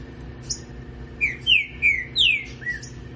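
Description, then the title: Green-winged saltator singing a short phrase of four or five clear, downward-sweeping whistled notes in fast sequence, with a steady hum beneath. "Canto De Trinca Ferro"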